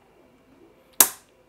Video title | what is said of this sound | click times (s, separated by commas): Cover up you Zortrax M200! | we go it snaps in there as well | 1.0 s